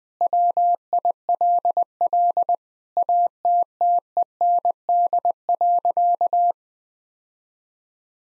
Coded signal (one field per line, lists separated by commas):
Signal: Morse code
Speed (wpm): 21 wpm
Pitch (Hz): 700 Hz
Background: none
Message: WILL ATTEND.